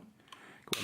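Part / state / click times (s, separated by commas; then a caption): pistol takedown lever into frame through slide and barrel / seated / 0.7 s. A Sig Sauer SP 2009 pistol's takedown lever is pushed through the frame and slide during reassembly, once its tab lines up with the barrel. After a few faint ticks, the lever snaps sharply into place at 0.7 s, and it is seated.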